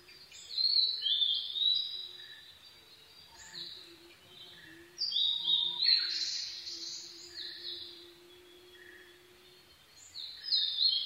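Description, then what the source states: Blue-and-white flycatcher repeating varied whistled phrases every few seconds, with clear high slurred notes, over a faint low hum. 22 May 2011 at 04:34.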